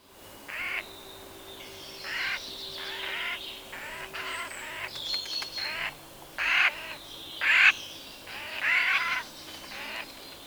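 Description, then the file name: Eurasian jay uttering a series of short, hoarse screeches at irregular intervals, roughly one per second. "Garrulus glandarius"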